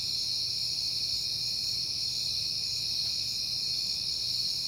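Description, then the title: Crickets trilling together in a constant high-pitched drone over a soft low hum. Crickets at night in September, on a peaceful night. "Night Time: Crickets and Passing Cars"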